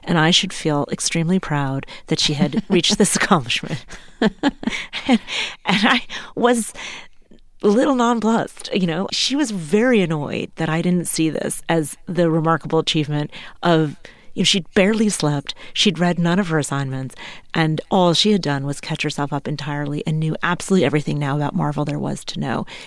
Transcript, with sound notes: And I should feel extremely proud that she had reached this accomplishment.
(LAUGHTER)
And I was little nonplussed, you know? She was very annoyed that I didn't see this as the remarkable achievement of - you know, she'd barely slept. She'd read none of her assignments. And all she had done was catch herself up entirely and knew absolutely everything now about Marvel there was to know.